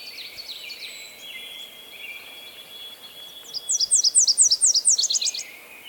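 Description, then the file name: Nashville warbler song near the end: a quick series of high repeated notes, then a faster trill, after several seconds of softer thin notes over a hissy background. "Leiothlypis ruficapilla - Nashville Warbler"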